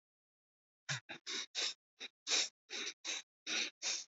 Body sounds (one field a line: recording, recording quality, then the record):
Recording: shallow breathing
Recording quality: excellent, no background noise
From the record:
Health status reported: recovered from COVID-19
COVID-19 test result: positive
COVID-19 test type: RT-PCR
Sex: male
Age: 41 years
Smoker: no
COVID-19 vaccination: both doses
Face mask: worn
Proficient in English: yes